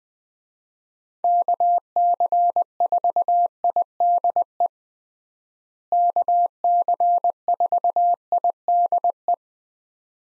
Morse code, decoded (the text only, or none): KC4IDE KC4IDE